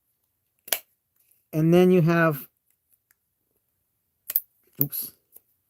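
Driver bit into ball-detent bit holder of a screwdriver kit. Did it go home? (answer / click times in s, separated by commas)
no / none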